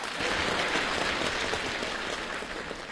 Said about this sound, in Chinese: 哎嗨嗨嗨，哎呦，我的掌声就是多，谢谢。